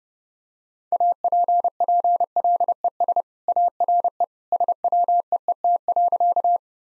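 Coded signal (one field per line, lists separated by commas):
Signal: Morse code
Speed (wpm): 30 wpm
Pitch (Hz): 700 Hz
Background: none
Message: APPLES ARE SWEET.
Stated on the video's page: Morse practice sentences with contextual hints at 30 wpm.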